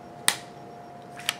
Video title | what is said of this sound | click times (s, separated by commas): How to Terminate Coaxial Cable with Snap N Seal Compression Fittings - RG6 - RG59 - Tri/Quad Shield | and if you listen I just popped it in and | 0.3 s